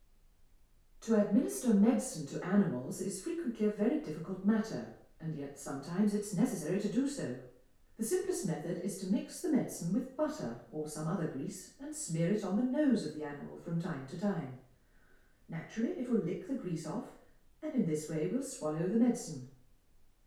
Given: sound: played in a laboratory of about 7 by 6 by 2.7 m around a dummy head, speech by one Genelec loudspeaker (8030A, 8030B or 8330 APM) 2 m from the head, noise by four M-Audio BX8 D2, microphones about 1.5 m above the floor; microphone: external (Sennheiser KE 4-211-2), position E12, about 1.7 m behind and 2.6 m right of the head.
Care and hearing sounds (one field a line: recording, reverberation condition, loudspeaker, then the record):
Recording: female speech in English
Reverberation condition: medium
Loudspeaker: 150 degrees to the left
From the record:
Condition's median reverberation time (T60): about 510 ms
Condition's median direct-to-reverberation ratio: about -0.5 dB